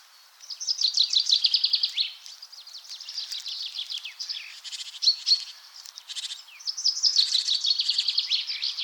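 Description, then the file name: Common chaffinch song: rapid trilled phrases about two seconds long, falling slightly in pitch and ending in a flourish, repeated a few times with short gaps, plus sharp clicking noises. "Fringilla coelebs"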